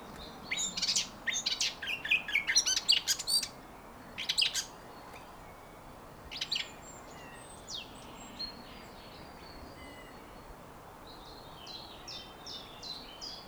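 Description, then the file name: Eurasian blackcap song: a burst of rapid high warbling notes early on, then scattered fainter chirps and short twittered phrases. "Sylvia atricapilla"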